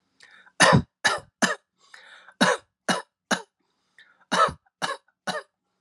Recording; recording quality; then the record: shallow voluntary cough; excellent, no background noise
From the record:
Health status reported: healthy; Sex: male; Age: 44 years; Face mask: not worn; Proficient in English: yes